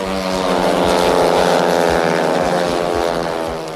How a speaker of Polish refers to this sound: Audycję rozpoczniemy od ryku motorów.